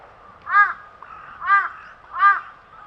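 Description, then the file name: Crow giving three harsh, hoarse caws. "Corbeau"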